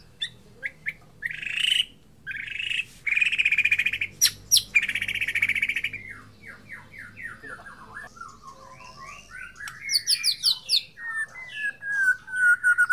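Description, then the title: White-rumped shama song: harsh buzzy bursts and rattles, then a stream of quick sliding whistled notes and descending trills. Murai Borneo, the Borneo type of white-rumped shama. "MURAI BORNEO MAS KIKI"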